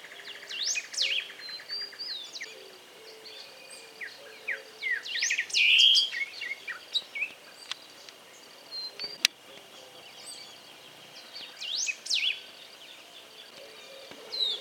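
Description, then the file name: Greyish saltator calls: sharp, high chirps and sweeping notes in scattered bursts, with one loud slurred note near the middle. "Pepitero-Gris Voz"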